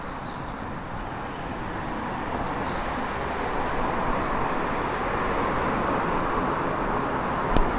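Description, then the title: Common swifts giving shrill, buzzy screams in short bursts, several overlapping throughout, over steady background noise. Several common swifts heard from an apartment in Staré Mesto, Slovakia. "Staré Mesto, Slovenská republika - common swifts"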